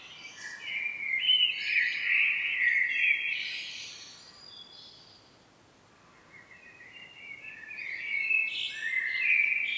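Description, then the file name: Common blackbird song, two mellow warbled phrases separated by a short pause, with thin, high squeaky notes. "Turdus merula"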